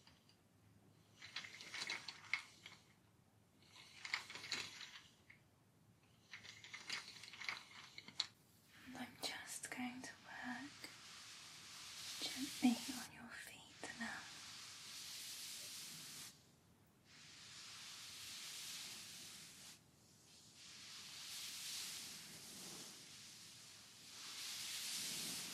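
Sounds from a massage and spa treatment: short breathy rustling swishes come in regular bursts every couple of seconds, then give way to light clicks and taps of small objects around the middle. The last half is long, soft hissing sweeps, each lasting several seconds with brief pauses between.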